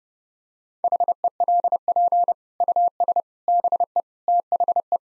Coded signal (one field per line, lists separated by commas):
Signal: Morse code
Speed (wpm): 30 wpm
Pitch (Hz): 700 Hz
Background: none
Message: HELP US BE THE